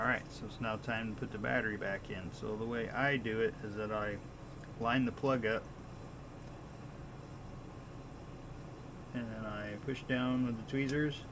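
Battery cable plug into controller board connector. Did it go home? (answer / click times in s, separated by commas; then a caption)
no / none. Someone talks while lining up a battery cable plug over its connector on a Joy-Con controller board, before pushing it down with tweezers. A steady low hum sits under the speech and the quiet gap between it. Nothing has seated or clicked yet.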